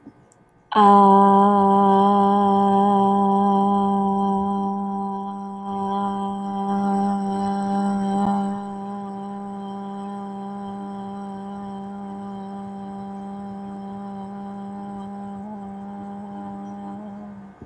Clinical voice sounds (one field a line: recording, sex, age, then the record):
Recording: vowel held as long as possible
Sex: female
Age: 20 to 29 years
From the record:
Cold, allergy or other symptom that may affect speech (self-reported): no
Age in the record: 22 years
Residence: Illinois, United States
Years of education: 16